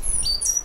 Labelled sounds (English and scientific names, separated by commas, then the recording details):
Stitchbird (Notiomystis cincta) song
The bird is a male
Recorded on Tiritiri Matangi Island, New Zealand, in 2005
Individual 1, of nest box 1